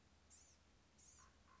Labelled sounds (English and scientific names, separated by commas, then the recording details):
Blue-gray Gnatcatcher (Polioptila caerulea)
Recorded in Sonoma County, California